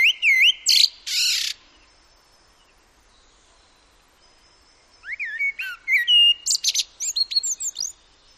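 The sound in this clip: Common blackbird song: a low whistled, warbling phrase ending in a squeaky high flourish, then a pause and a longer fluty phrase with rising notes and thin twittering.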